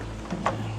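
The plastic retaining clip holding the stock front grille in the front bumper of a Geely EX5 Emi is worked loose during removal for a DIY lighted-grille upgrade. A few small sounds come first, then a sharp snap at 0.5 s as the clip pops free and the grille is released.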